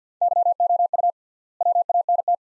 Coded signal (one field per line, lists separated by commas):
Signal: Morse code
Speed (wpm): 49 wpm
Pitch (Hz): 700 Hz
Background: none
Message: YOU WANT